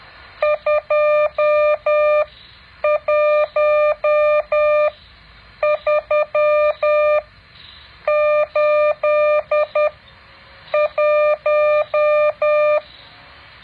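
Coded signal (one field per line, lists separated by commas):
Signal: Morse code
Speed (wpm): 10 wpm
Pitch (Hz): 600 Hz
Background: none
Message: 21381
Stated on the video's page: Morse code practice exercise 9.7.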